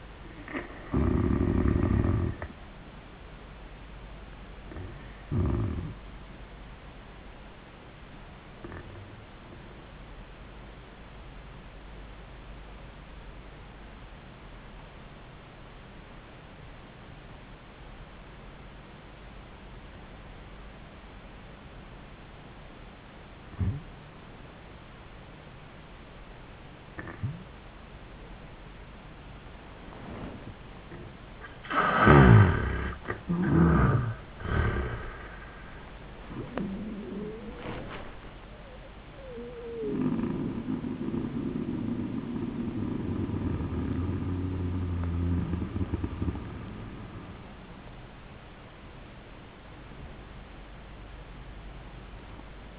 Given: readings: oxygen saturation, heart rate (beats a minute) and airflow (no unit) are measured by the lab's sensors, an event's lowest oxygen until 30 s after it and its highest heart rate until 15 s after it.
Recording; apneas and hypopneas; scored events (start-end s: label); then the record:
breathing in sleep by a voice recorder at the bedside; 1
8.00-32.80 s: obstructive apnea (N1, oxygen 95% highest, then 78% lowest, heart rate 86 at the start, 94 highest)
11.00-52.79 s: new sleep stage, N2 (light sleep)
From the record:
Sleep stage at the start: N1 (lightest sleep); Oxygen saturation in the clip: 79 to 95%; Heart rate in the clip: 74 to 94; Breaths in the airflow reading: 7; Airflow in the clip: -18.2 to 9.8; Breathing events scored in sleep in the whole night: 400 in 8.7 hours asleep